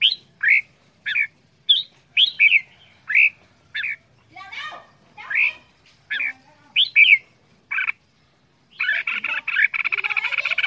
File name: tieng chao mao quang ngai che dao giong dien cuong